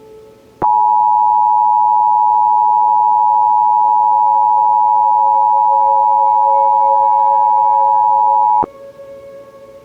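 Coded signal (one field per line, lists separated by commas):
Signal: Emergency Alert System (SAME) tones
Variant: 853 and 960 Hz attention tone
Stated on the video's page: A fictional EAS scenario of a tornado on the Carolina coast, with loud tones.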